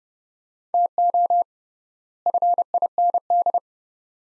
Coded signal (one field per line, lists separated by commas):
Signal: Morse code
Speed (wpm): 30 wpm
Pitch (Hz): 700 Hz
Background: none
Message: TO FIND